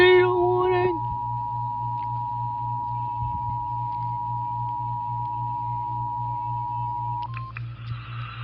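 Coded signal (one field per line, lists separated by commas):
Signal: Emergency Alert System (SAME) tones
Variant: 853 and 960 Hz attention tone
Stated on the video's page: EAS alerts played on a Nintendo Switch; not actual emergencies.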